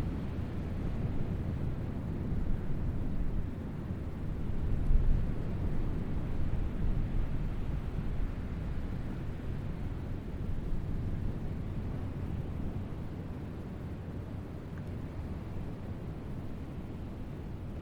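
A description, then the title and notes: Outdoor ambience at a beach: a steady, dense low roar fills the whole recording with little brightness on top. It swells to its loudest around the five-second mark, like a plane or surge passing, then settles slightly quieter and even through the end. Sandy Hook Beach.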